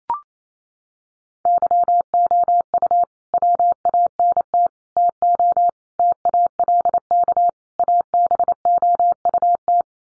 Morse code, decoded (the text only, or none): YOU WANT TO TALK ABOUT